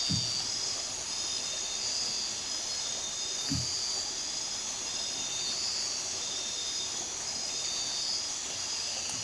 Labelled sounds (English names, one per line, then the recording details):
none
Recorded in dense forest near Puerto Asís, Putumayo, Colombia, on 20 December 2024 at 00:00
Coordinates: 0.467, -76.328
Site GP05